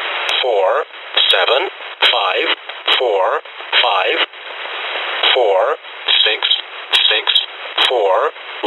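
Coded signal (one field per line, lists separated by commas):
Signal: numbers station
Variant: E07 English Man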